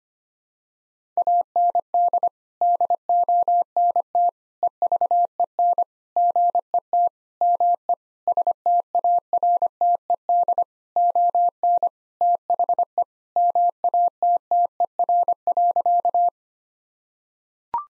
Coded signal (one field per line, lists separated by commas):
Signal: Morse code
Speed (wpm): 25 wpm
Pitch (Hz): 700 Hz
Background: none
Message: AND DONT EVEN GET ME STARTED ON THE MATTER.